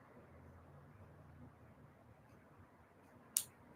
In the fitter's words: You'll hear that snap back on.